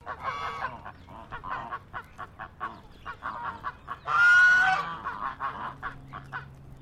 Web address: Sound Effects-Foundation 1 BIRD GEESE CHINESE HONK